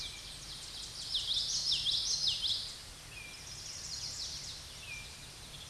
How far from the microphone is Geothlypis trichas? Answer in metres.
about 15 m